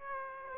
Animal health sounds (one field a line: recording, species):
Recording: mosquito wingbeat signal from an infrared sensor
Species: Aedes aegypti